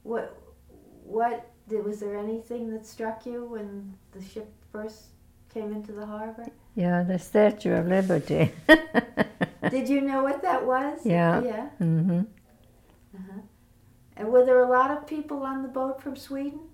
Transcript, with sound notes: What — was there anything that struck you when the ship first came into the harbor?
Yeah, the Statue of Liberty [Laughs]
Did you know what that was?
Yeah.
Yeah?
Mm-hm.
And were there a lot of people on the boat from Sweden?